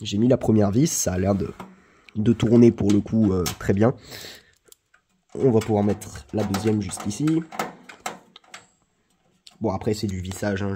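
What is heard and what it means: Someone talks while the second screw is placed on a motherboard mounting point in an old Pentium III PC case, before it is screwed in. Brief, light handling ticks and taps are heard around 4.7–4.9 s and 7.9–9.5 s between the speech. The screw has not been driven and nothing has seated or clicked yet.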